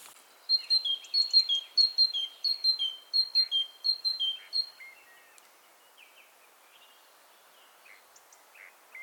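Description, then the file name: Great tit song of ringing whistled phrases repeated several times, then stopping; softer chirps follow quietly. "Parus major"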